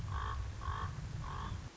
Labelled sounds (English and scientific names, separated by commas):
Common Raven (Corvus corax)